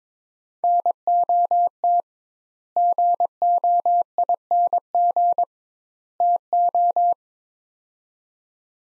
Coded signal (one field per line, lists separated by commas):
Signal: Morse code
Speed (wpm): 22 wpm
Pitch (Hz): 700 Hz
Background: none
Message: NOT GOING TO